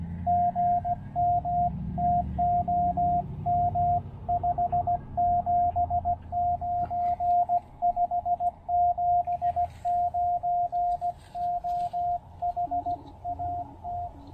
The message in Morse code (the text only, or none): GM TOM 579 579 OH AT